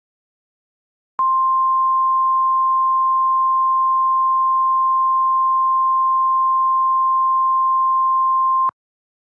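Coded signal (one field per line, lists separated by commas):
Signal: Emergency Alert System (SAME) tones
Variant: 1050 Hz attention tone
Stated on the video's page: Fictional EAS scenario about a superstorm.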